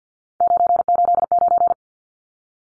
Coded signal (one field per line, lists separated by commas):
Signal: Morse code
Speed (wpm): 50 wpm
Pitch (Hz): 700 Hz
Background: none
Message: 989